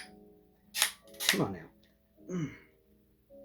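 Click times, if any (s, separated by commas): none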